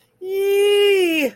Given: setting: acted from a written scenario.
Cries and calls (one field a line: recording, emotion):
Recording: vocal sound without words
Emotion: elation